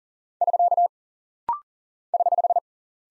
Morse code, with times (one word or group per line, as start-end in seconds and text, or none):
0.4-0.9 <SK>
2.1-2.6 <HH>